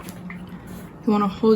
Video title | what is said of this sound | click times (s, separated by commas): MAKING A SHIRT!! | click it into place | 0.3 s